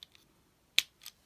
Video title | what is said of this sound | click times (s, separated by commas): Transformers Studio Series Gamer Edition 03 Optimus Prime Review | you're going to take these pieces here and flip them around until you hear a little click | 0.8 s